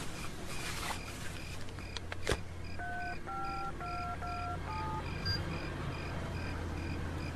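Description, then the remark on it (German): A quick run of about half a dozen short, mid-pitched keypad tones from a mobile phone being dialed to call Inspector Cotta, each beep clipped and evenly spaced over a steady background hum. “Erstmal rufen wir Inspektor Cotta an.”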